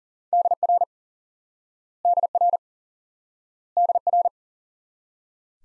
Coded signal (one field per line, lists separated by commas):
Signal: Morse code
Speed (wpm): 40 wpm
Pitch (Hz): 700 Hz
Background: none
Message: DR DR DR